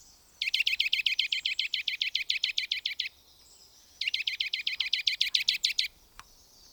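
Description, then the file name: Eurasian nuthatch calling in two long, fast runs of bright piping notes, each run lasting two to three seconds, with a quiet pause between and a single soft click after. "sitelletorchepot"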